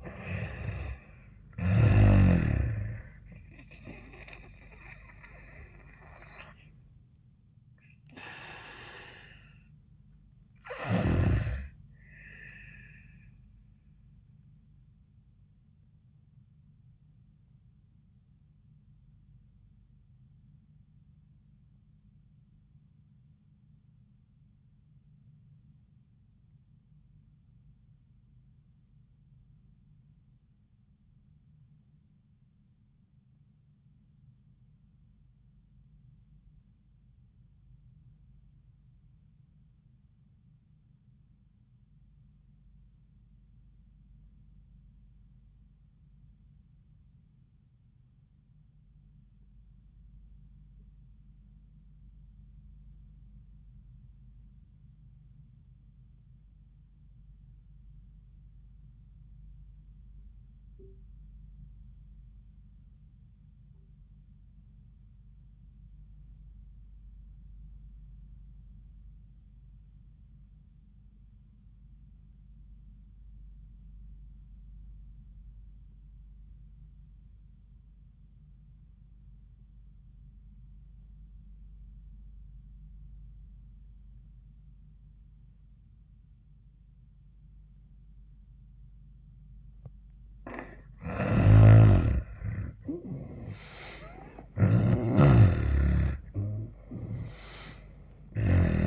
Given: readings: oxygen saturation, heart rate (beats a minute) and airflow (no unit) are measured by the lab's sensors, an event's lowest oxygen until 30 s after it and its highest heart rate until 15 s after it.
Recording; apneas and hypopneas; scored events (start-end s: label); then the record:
breathing in sleep by a smartphone at the bedside; 1
19.00-91.10 s: obstructive apnea (N1, oxygen 98% highest, then 63% lowest)
26.00-86.00 s: new sleep stage, REM sleep
86.00-98.87 s: new sleep stage, N1 (lightest sleep)
From the record:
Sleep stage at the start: N1 (lightest sleep); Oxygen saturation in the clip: 69 to 98%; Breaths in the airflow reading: 3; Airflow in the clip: -27.6 to 13.2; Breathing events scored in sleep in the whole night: 400 in 8.7 hours asleep